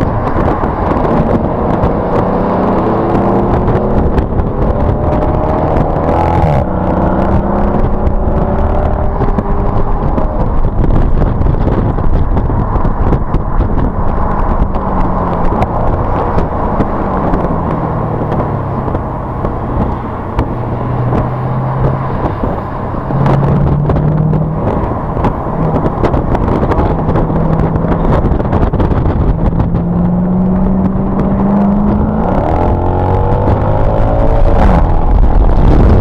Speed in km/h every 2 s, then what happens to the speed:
52, 56, 66, 79, 95, 98, 103, 87, 71, 55, 39, 42, 50, 52, 55, 63, 76, 98.
0-12 speeds up to 103. 12-23 brakes to 42. 23-36 speeds up to 98.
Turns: 16-20, 24-36.